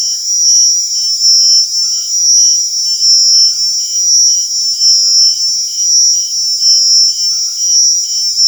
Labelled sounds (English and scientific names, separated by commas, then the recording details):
none
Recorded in secondary vegetation near Puerto Asís, Putumayo, Colombia, on 25 June 2025 at 23:00
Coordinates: 0.500, -76.326
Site GP08